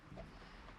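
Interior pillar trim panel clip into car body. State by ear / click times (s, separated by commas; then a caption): not seated / none. While routing the power wire for a Viofo A139 3-channel dashcam behind the interior pillar trim of a 2020 Dodge Challenger R/T Scat Pack 392, a helper handles the plastic pillar trim panel to push its clip back into the car body. For 0.8 seconds only a steady, even broadband rushing noise is heard, with no sharp transients. Nothing has seated or clicked yet.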